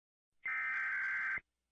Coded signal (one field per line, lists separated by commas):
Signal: Emergency Alert System (SAME) tones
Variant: header bursts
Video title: Emergency Alert System By ThisIsNotATest